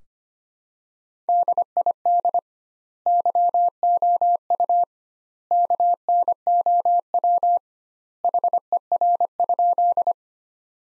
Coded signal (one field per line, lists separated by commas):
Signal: Morse code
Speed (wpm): 25 wpm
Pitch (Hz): 700 Hz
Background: none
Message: DID YOU KNOW HER?